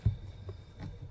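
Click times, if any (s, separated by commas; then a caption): none. A plastic cabin air filter cover behind the glove box of a 2019 Hyundai Tucson, during a TYC cabin air filter change, is being pressed into the HVAC filter housing. A low thump opens the clip, followed by a faint tap at 0.5 s over a steady low hum. Nothing has seated or clicked yet.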